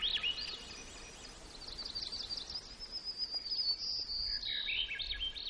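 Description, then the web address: White-crowned sparrow song with high clear whistles and rapid buzzy trill notes, a sustained whistle near the middle, over faint background hiss. Recorded in Gates of the Arctic, Alaska, on 17 June 2018 at 12:57. "alaska acoustic highlights highlights audio BIRDS. White Crowned"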